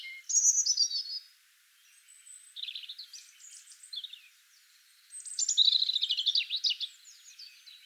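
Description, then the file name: European robin song: high, thin warbled phrases, each a rapid tumble of sweet notes and trills, separated by brief pauses. "Erithacus rubecula"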